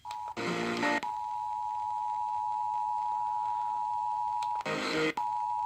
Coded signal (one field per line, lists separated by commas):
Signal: Emergency Alert System (SAME) tones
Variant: 853 and 960 Hz attention tone